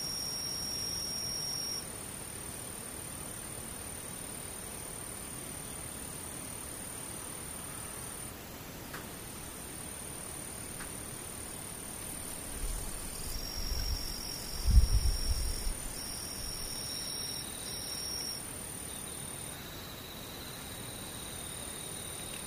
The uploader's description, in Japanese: 無音遠くにムシ